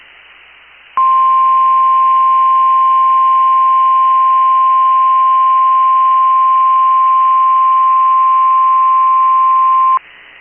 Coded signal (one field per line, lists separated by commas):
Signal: Emergency Alert System (SAME) tones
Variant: 1050 Hz attention tone